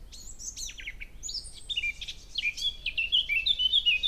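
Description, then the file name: Eurasian blackcap song, opening with a quiet scratchy warble and breaking into loud, clear fluty whistles that fall and rise in a rapid run. "Sylvia atricapilla"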